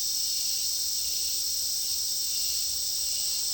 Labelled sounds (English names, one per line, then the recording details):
none
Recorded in dense forest near Puerto Asís, Putumayo, Colombia, on 21 March 2025 at 11:00
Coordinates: 0.499, -76.324
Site GP03